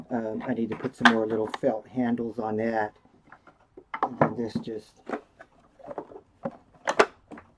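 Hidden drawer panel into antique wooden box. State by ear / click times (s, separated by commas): seated / 7.0 s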